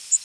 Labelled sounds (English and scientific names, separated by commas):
Yellow Warbler (Setophaga petechia) flight call